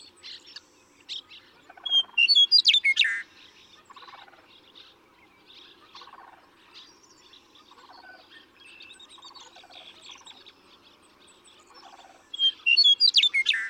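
Western meadowlark song: loud gurgling, flute-like phrases at the start and end, about ten seconds apart, with short pulsed trills repeating quietly in between.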